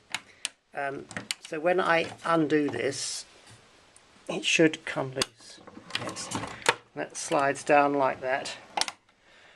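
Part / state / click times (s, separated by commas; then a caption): folding leg latch on a model railway baseboard / seated / 8.8 s. Someone talks while a folding leg under a model railway baseboard is unlatched, swung down and slid into position, with a couple of short knocks near the start. The leg's latch clicks into place at 8.8 s, locking it open.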